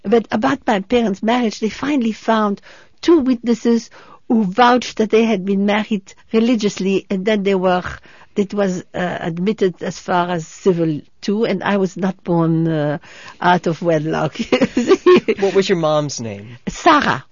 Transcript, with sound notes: But about my parents' marriage, they finally found two witnesses who vouched that they had been married religiously, and then they were, it was admitted as far as civil, too, and I was not born out of wedlock. ( she laughs )
What was your mom's name?
Sarah.